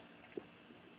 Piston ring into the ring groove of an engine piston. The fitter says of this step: click right in it's okay if you it's going to scrape a little on the side of the Piston it's not going to hurt anything okay